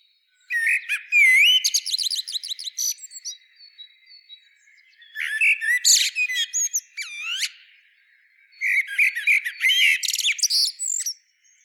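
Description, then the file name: Common blackbird delivering three long, busy phrases of looping fluty whistles interwoven with rapid high squeaks and chirps, separated by short quiet gaps. "Turdus merula"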